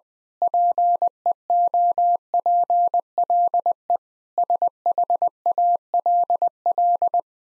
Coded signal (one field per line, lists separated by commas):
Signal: Morse code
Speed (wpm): 20 wpm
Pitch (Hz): 700 Hz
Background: none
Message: PEOPLE SHALL